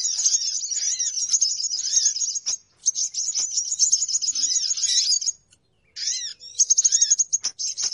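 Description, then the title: Birds chirping in a dense, high-pitched chatter, with rapid twittering notes overlapping and a few brief gaps of silence. Noisy bird lure call for attracting birds. "Suara Pikat Burung Ribut"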